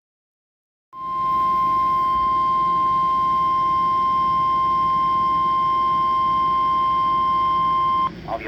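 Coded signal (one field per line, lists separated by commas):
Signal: Emergency Alert System (SAME) tones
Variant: 1050 Hz attention tone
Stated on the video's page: Real alerts with valid SAME headers from a Quebec snow squall event, including a Snow Squall Warning.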